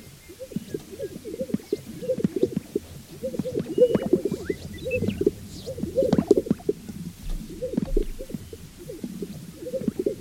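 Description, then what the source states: Sage-grouse uttering low gurgling pops and swelling coos, several birds overlapping in pulsing waves, a faint high chirp or two in the background. A group.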